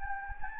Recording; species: mosquito wingbeat signal from an infrared sensor; Anopheles gambiae